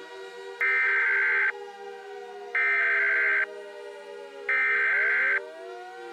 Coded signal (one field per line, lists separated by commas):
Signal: Emergency Alert System (SAME) tones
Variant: header bursts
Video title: The Big Crunch: Mini EAS Scenario